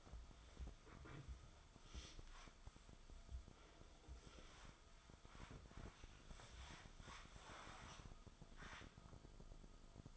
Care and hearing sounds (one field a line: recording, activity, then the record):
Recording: daily activity, microphone in the room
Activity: wipe stove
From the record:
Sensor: 5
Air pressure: 1004.9 hPa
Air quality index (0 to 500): 102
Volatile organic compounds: 2 ppm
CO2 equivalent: 1243 ppm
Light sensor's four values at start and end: 31/70/29/30 and 33/75/31/31